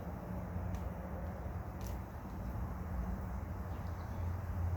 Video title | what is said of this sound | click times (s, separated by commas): Building -6 fuel hoses and exhaust for the 1938 ford | I don't want to click. | none